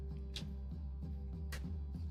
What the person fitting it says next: It's kind of a soft click